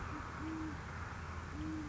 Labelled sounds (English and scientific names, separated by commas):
Great Horned Owl (Bubo virginianus)